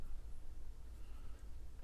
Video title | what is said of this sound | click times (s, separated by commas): STB1170 - Innoventions - RAMCHECK and SPEED VERIFIER - Teardown and demonstration | okay that one doesn't want to click we'll come back to it | none